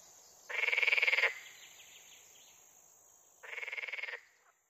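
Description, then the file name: Water frog giving two rapid, pulsed rattling croaks, each under a second long, about three seconds apart, with a faint rattle trailing the first. "grenouille verte"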